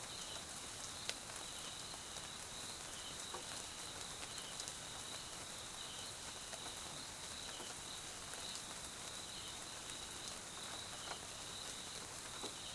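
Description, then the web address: Steady high cricket trills pulse on and off over the whole stretch, with rain hissing and isolated drops clicking. South African crickets; Mkhaya, Swaziland; jungle at night during rain; background ambience. "GDC 2018-Game Audio Bundle Tonschliff - SOUTH AFRICAN CRICKETS BG Swaziland Mkhaya Jungle Night Rain"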